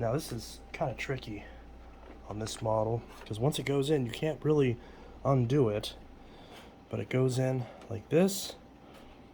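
Someone talks while a plastic part is slid into the body of a new old stock Fantom Fury Limited Edition (FY374K) vacuum cleaner, with a faint steady low hum underneath. The part is being handled and pushed in, but nothing has seated or clicked yet.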